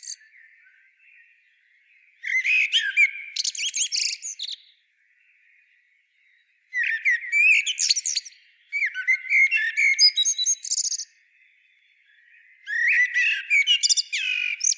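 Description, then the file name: Common blackbird singing repeated phrases of mixed whistles and high chattering twitters, four bursts spaced by short silent gaps. "Turdus merula"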